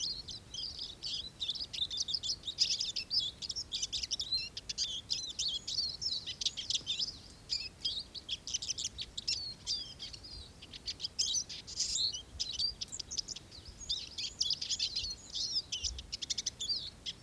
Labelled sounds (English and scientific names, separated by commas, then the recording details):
Eurasian Siskin (Spinus spinus) song
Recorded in the wild
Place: San Romolo, Ligurien, IT
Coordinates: 43.8578, 7.72889
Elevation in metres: 758
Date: 1984-04-12
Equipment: Uher 4000 Report, Parabolreflektor (30cm Durchmesser)
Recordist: Tretzel, Erwin